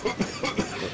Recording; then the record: coughing mixed with background sound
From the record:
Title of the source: Dry Afternoon Cough